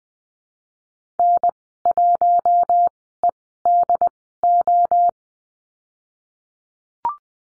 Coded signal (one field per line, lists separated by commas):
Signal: Morse code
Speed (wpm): 20 wpm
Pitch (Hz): 700 Hz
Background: none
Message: N1EDO